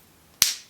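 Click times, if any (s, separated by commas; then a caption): 0.4 s. The cap of a perfume bottle is pressed back onto the bottle and snaps on with one sharp click at 0.4 s, followed by a short decaying ring. The cap is seated.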